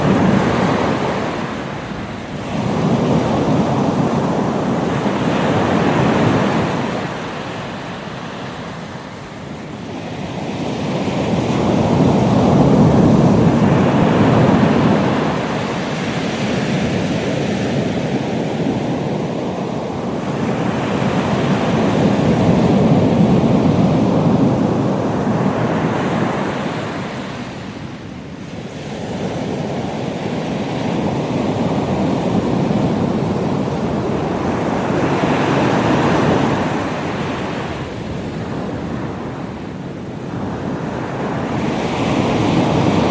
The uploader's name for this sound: Florida Beach Sounds